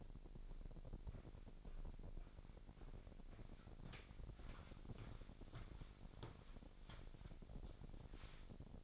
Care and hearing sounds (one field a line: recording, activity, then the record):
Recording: daily activity, microphone in the room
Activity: walk to room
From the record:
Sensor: 5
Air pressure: 1012.3 hPa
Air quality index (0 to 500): 237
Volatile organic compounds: 4 ppm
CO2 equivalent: 1574 ppm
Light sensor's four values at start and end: 59/139/58/61 and 57/132/56/60